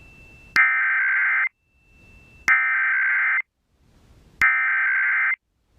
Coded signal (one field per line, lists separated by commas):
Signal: Emergency Alert System (SAME) tones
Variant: header bursts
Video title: Indiana EAS Required Monthly Test (RMT) on WOWO - 5/16/2024